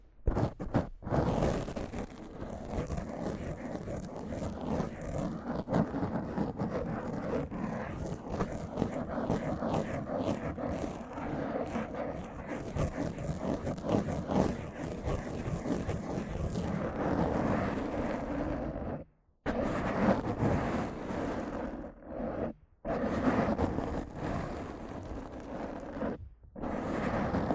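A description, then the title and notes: Rough microphone scratching and brushing, a dense continuous rasping rumble with quick strokes, briefly cutting out near 19, 22 and 26 seconds. ASMR Rough Mic Scratching & Brushing (No Talking).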